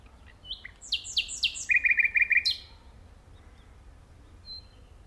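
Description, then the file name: Common nightingale song: a short varied phrase of sharp whistles and downward-sweeping notes, then a fast run of buzzy repeated notes, followed by quiet. "Luscinia megarhynchos"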